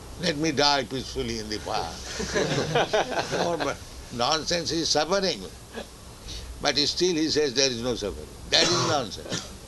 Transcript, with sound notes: Let me die peacefully in the fire. [laughter] Nonsense, he's suffering, but still he says there is no suffering. That is nonsense.